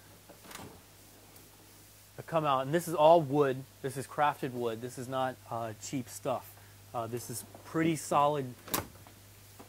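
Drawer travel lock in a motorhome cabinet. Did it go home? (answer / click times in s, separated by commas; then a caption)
yes / 8.8 s. Someone talks about a deep, all-wood drawer in the cabinetry of a 2007 American Revolution 40LE motorhome, and then the drawer is pushed closed. A sharp click at 8.8 s is its two travel locks catching. The drawer is locked in place so it won't fly open while driving down the road.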